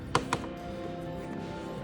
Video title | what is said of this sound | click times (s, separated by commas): Starlink installation: Amateur experience | And for some reason I don't hear it, and I don't want to push on it too much. | none